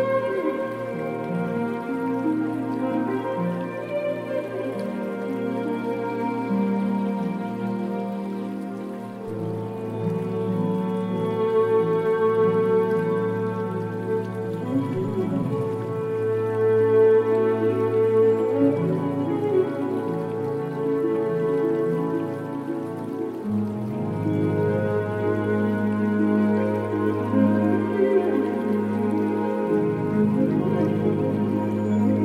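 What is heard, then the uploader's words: Slow violin music holds long sustained notes that shift around 9 and 23 seconds, over a steady wash of flowing river water. Relaxing violin music with sounds of a river. Relaxing violin music with river sound.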